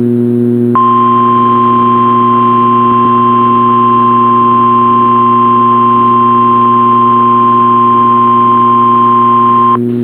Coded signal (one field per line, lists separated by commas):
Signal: Emergency Alert System (SAME) tones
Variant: 1050 Hz attention tone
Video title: CRP Required Weekly Test on WXK26 (EAS 444) - 02/02/2022